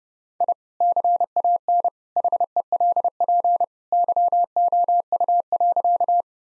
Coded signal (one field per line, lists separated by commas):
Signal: Morse code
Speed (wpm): 32 wpm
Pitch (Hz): 700 Hz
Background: none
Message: I CAN HELP YOU.